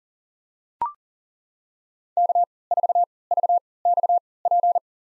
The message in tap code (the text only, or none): none